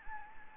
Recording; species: mosquito wingbeat signal from an infrared sensor; Anopheles gambiae